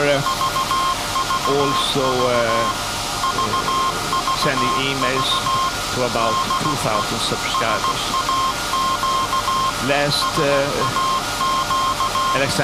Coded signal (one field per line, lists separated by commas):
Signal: Morse code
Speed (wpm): 16 wpm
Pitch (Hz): 1060 Hz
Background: speech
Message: VVV VVV DE SAQ SAQ